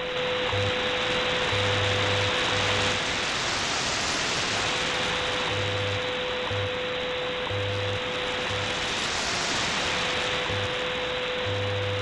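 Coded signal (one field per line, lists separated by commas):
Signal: radio time signal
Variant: WWV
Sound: loud static hiss with a steady tone briefly broken each second, low hum pulses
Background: radio static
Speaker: this is wwv in fort collins colorado on 15 megahertz i am switching between three antennas right now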